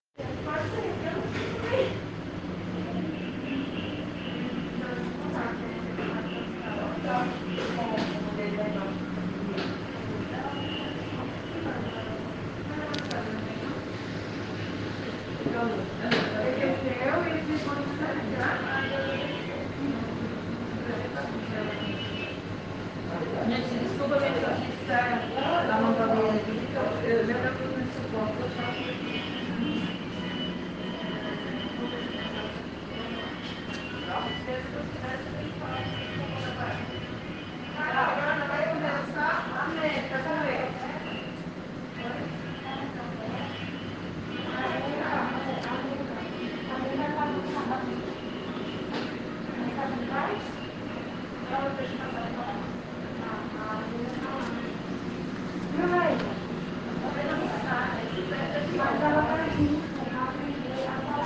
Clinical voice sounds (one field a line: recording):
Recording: hospital ward noise